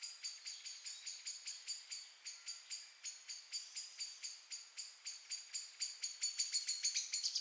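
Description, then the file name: Common blackbird giving a rapid series of sharp, clicking chink notes, about three a second, quickening near the end. "Turdus merula"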